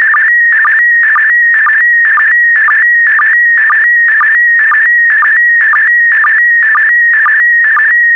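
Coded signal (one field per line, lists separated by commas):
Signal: SSTV (slow-scan television)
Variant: PD120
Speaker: complete. You can now check your decoded image against the picture that is shown on the video.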